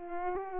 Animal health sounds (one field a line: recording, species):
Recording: mosquito wingbeat signal from an infrared sensor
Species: Culex pipiens